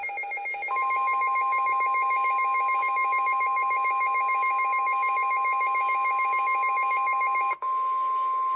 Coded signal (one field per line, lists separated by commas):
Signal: Emergency Alert System (SAME) tones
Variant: 1050 Hz attention tone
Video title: The Most Scuffed Enhanced Risk - EAS Alerts from 5/16/25 || EAS 1,782-1,798